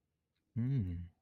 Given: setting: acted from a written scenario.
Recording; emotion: vocal sound without words; contentment